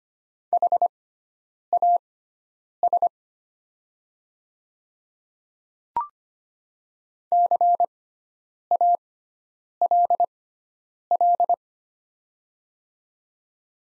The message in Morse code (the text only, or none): HAS CALL